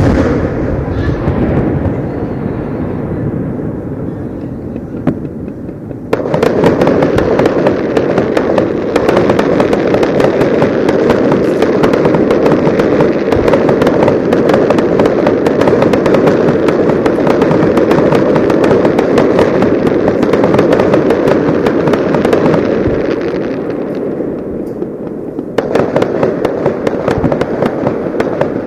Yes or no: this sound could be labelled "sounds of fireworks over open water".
yes